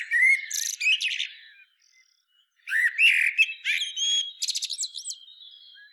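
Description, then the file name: Common blackbird song: rich whistled warbles mixed with high buzzy chattering, a brief pause, then a longer phrase. "Turdus merula"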